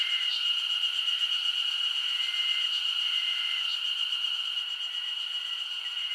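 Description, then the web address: Dense insect chorus holding a bright, steady high tone, with a few short, flat lower notes and a soft lower hum. Summer insect ambience recorded in Japan. "Sound Effects-Foundation 1 AMBIENCE JAPANESE SUMMER INSECTS 01"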